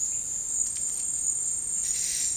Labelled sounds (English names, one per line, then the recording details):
none
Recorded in dense forest near Puerto Asís, Putumayo, Colombia, on 19 February 2024 at 11:30
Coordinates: 0.472, -76.329
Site G6394